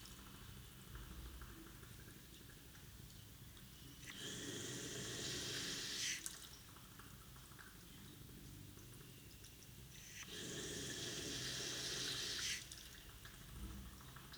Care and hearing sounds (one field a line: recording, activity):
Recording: daily activity, guitar pickup as the sensor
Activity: flush